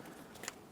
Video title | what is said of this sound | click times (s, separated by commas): How to Replace Valve Cover Gaskets 2008-2020 Dodge Grand Caravan 3.6L | plug this in make sure it clicks | 0.5 s